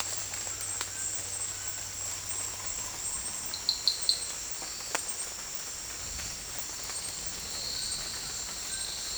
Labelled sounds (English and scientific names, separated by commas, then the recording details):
none
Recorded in dense forest near Puerto Asís, Putumayo, Colombia, on 16 December 2024 at 17:30
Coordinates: 0.468, -76.322
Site G071